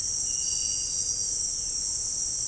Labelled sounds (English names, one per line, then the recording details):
none
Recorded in pastures near Puerto Asís, Putumayo, Colombia, on 21 December 2024 at 18:00
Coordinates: 0.496, -76.326
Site G004